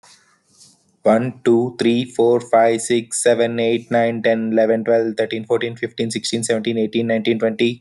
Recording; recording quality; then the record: counting at a fast pace; excellent, no background noise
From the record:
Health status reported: healthy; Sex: male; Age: 33 years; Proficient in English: yes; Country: India